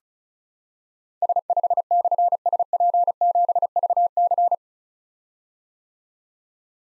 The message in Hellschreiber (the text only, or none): none